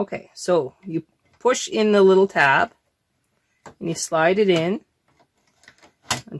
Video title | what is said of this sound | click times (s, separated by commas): knit contour sk700/360 | it it clicks into place | 6.1 s